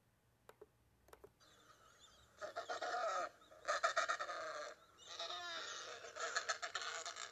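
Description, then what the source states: Adélie Penguin calls, harsh pulsed braying bursts in several loud bouts after a quiet start, with a few sharp clicks early on. Antarctic penguin; its departure from the continent to begin life at sea marks 25 April.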